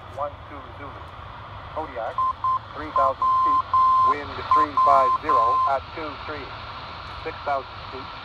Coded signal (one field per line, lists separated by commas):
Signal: Morse code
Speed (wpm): 9 wpm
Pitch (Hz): 1040 Hz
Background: speech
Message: IWW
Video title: Alaska NDB DX'ing IWW 379 Khz. from Mirror Lake, Chugiak, Alaska